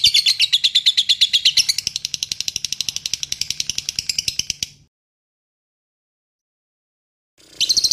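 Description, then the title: Bird song as a fast, rapid-fire string of high chirps for nearly five seconds, then silence, then the chirping starts again right at the end. Masteran training recording used to teach songbirds. "Suara masteran Burung"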